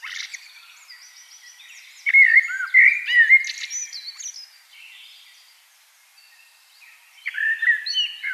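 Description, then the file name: Common blackbird song: a loud burst of fluting whistles with a twittery tail, a long quiet stretch, then another whistled phrase begins. "Turdus merula"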